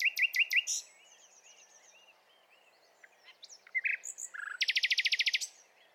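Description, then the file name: Common nightingale opening with four quick repeated notes, then soft chatter and a long, even, buzzy trill near the end, over faint background birds. "Luscinia megarhynchos"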